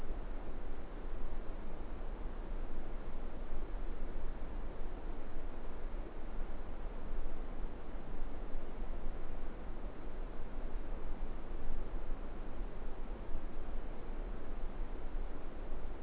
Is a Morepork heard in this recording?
no